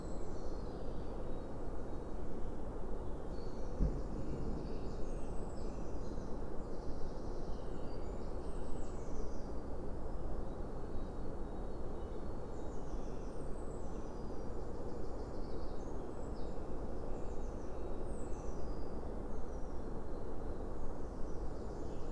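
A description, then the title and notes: Outdoor ambience at an old stone arch: a steady, dense low rumble, like traffic or wind, fills the whole recording. Faint, high bird calls chirp repeatedly throughout, and a single sharp click lands near four seconds. Harewood: The Dark Arch, Parlington Hall.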